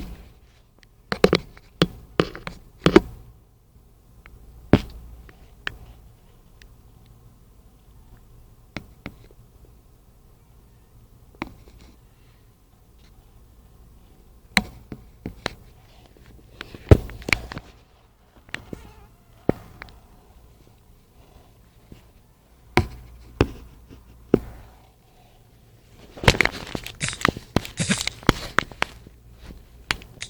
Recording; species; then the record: mosquito flight sound by mobile phone; Anopheles freeborni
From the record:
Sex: female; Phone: Nokia 5235